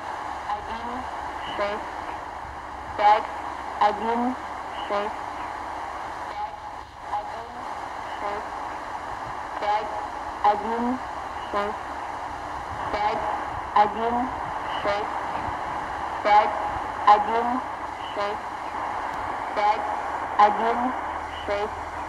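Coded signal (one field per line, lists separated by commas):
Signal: numbers station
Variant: S06s Russian Lady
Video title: S06s "Russian Lady" numbers station received near Sofia, Bulgaria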